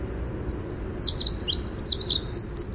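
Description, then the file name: Winter wren song: a rapid, high tinkling stream of trills and sharp notes that runs on without a break, over a steady low background rumble. "WIWR song"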